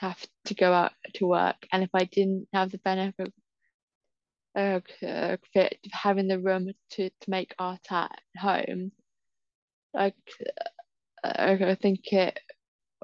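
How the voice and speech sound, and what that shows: An adult woman who has had a stammer since she was younger speaks in mostly fluent phrases, broken mid-sentence by a long silent block of about a second and a half, then a drawn-out, repeated 'k' sound. A brief word repetition and a stretched 'like' followed by a pause also occur, typical of stuttering.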